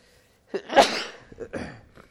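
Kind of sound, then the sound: human body sound, sneeze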